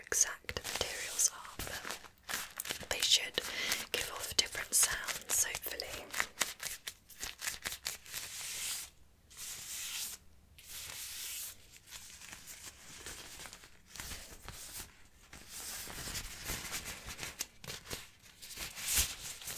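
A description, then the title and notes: Rubbing and crinkling of a glove, with dense scratchy rustles that come in bursts and stop in short silent gaps. The sound is bright and brushy, uneven in loudness, with quieter stretches of steadier handling toward the middle and end. ASMR Glove Sounds For Tingles & Sleep.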